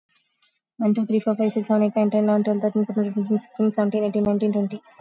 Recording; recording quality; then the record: counting at a fast pace; excellent, no background noise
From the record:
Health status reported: COVID-19 positive, mild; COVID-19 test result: positive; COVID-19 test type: RT-PCR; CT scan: taken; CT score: 0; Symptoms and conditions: fatigue, another condition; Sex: female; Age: 35 years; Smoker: no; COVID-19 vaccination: one dose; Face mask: worn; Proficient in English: yes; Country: India